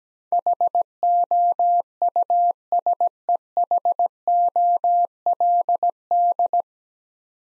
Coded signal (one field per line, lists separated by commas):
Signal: Morse code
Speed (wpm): 17 wpm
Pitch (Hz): 700 Hz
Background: none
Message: HOUSEHOLD